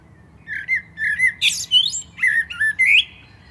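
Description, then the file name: Common blackbird song with several rich whistled notes, a harsh squeaky flourish in the middle, then more warbled whistles. "Turdus merula"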